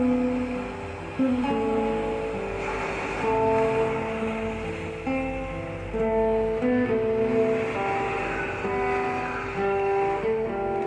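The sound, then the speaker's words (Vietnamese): Ocean waves wash and murmur steadily onto the shore beneath a gentle, sustained melody of soft tonal notes. No one speaks. “Không gian dường như lắng động, chỉ còn có sóng biển cứ mãi rì rào”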